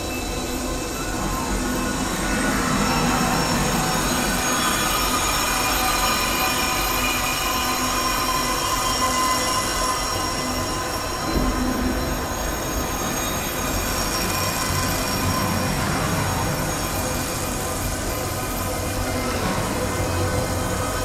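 Heavily processed Chinese metal Baoding balls form a dense, unbroken wash of ringing metallic tones and grinding rumble, swelling slightly at times.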